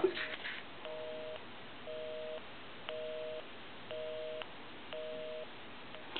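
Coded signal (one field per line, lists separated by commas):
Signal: telephone call progress tone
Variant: North America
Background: speech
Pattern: busy tone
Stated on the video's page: Tones from a Western Electric wood wall telephone after keypad conversion to touch tone, during final checkout after repair.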